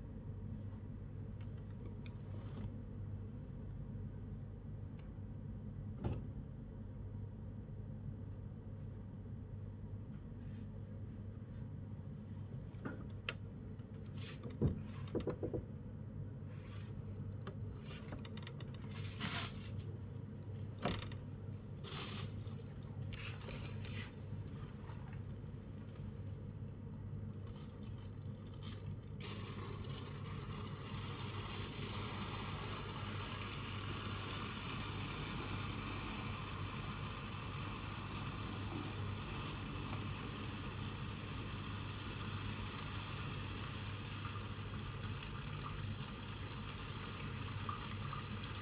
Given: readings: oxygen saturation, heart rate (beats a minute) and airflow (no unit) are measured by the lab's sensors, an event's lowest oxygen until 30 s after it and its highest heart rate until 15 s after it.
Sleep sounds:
a person awake in a sleep study, by a smartphone at the bedside; none
0.00-48.62 s: awake
From the record:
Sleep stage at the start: awake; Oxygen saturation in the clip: 96 to 98%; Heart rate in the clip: 83 to 94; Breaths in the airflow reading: 14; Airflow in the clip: -10.8 to 10.2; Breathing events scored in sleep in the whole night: 182 in 7.4 hours asleep

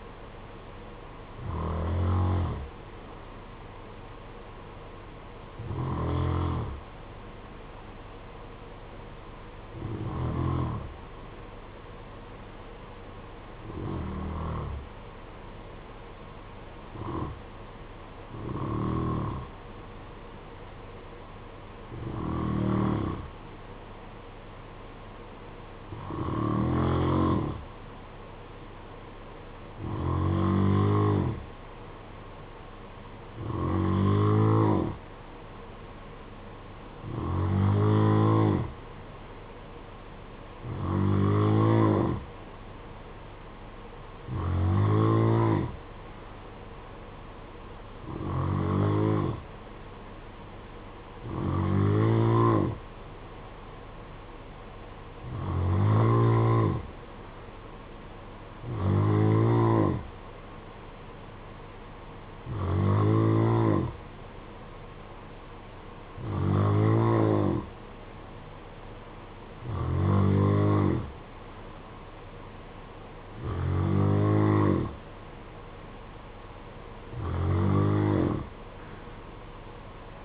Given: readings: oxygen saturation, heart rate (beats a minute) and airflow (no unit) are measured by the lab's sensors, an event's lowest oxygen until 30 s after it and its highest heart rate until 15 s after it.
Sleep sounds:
breathing in sleep by a voice recorder at the bedside; 1
7.00-32.80 s: hypopnea (N2, oxygen 94% highest, then 89% lowest, heart rate 53 at the start, 58 highest)
From the record:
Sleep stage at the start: N2 (light sleep); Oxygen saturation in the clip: 89 to 94%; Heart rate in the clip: 52 to 61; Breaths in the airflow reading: 22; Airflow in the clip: -6.9 to 5.4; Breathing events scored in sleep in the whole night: 476 in 9.7 hours asleep

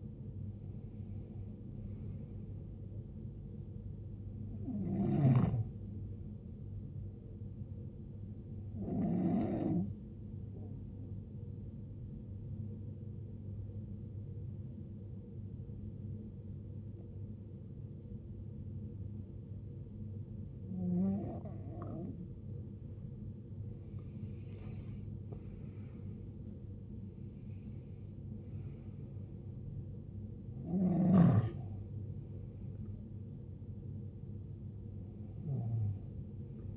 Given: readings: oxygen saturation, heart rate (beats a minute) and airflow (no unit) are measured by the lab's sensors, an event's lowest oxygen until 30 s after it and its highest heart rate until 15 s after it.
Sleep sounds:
breathing in sleep by a smartphone at the bedside; 1
10.00-26.40 s: hypopnea (N2, oxygen 92% highest, then 90% lowest, heart rate 68 at the start, 77 highest)
27.00-36.77 s: new sleep stage, N1 (lightest sleep)
From the record:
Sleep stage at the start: N2 (light sleep); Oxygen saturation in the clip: 81 to 94%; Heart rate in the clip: 57 to 78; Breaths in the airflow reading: 7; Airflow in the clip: -15.9 to 16.2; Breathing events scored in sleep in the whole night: 389 in 6.3 hours asleep

